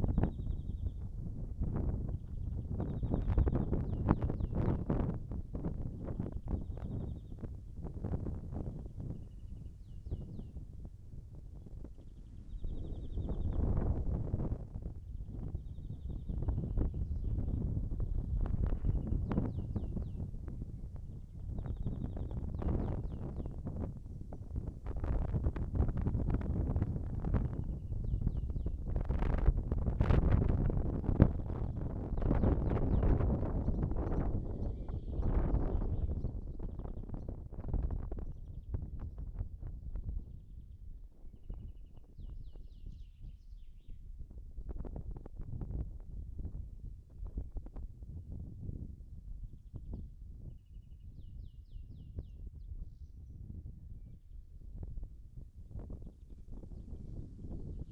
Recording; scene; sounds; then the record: everyday scene through a hearing-aid microphone; wind on the microphone; wind, birds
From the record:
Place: in front of a rural house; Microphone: behind the ear, right, rear